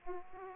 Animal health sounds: mosquito wingbeat signal from an infrared sensor; Aedes aegypti

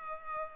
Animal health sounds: mosquito wingbeat signal from an infrared sensor; Culex pipiens

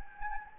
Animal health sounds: mosquito wingbeat signal from an infrared sensor; Anopheles gambiae

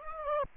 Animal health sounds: mosquito wingbeat signal from an infrared sensor; Aedes aegypti

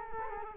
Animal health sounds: mosquito wingbeat signal from an infrared sensor; Culex quinquefasciatus

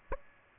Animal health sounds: mosquito wingbeat signal from an infrared sensor; Aedes aegypti

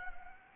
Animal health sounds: mosquito wingbeat signal from an infrared sensor; Anopheles gambiae

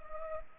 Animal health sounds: mosquito wingbeat signal from an infrared sensor; Culex pipiens

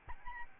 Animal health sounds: mosquito wingbeat signal from an infrared sensor; Aedes albopictus

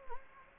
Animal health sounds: mosquito wingbeat signal from an infrared sensor; Anopheles gambiae

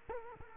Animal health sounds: mosquito wingbeat signal from an infrared sensor; Culex quinquefasciatus

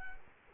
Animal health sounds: mosquito wingbeat signal from an infrared sensor; Culex quinquefasciatus

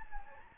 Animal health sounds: mosquito wingbeat signal from an infrared sensor; Anopheles gambiae

